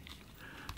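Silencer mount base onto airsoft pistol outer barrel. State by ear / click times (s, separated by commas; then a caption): seated / 0.1 s, 0.7 s. The threaded silencer mounting base is fitted onto the slit of the outer barrel of a Marzen M93R Fixed Slide Special Forces airsoft pistol and pressed until it snaps home. Sharp snap clicks are heard at 0.1 s and 0.7 s over a low background, and the mount base is seated on the barrel.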